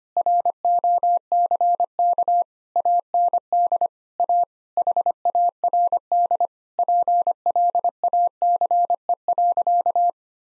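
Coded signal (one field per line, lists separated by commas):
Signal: Morse code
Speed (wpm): 25 wpm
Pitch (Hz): 700 Hz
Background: none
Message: ROCK AND A HARD PLACE.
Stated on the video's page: Morse practice set at 25 wpm: sentences of common eight-word phrases for head-copy drill.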